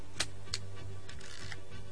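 An Alpha camera's shutter clicks a few times in quick, uneven succession, each snap short and crisp over a low, steady hum, with no voices.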